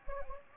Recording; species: mosquito wingbeat signal from an infrared sensor; Anopheles gambiae